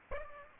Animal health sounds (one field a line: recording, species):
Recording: mosquito wingbeat signal from an infrared sensor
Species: Aedes aegypti